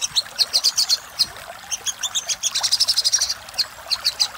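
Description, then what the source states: Little spiderhunter singing in uneven bursts of thin, high notes, with a quicker, denser run in the middle and short gaps between phrases. Master recording used for training cage birds.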